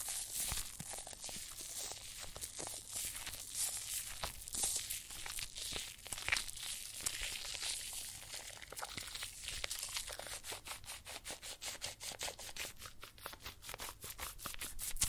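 Soap foam fizzes and crackles with water, a dense, steady hiss of tiny popping bubbles that stays bright throughout. Sharper clicks and crinkles scatter through the first half, and after about ten seconds the popping turns into quicker, more regular ticking bursts.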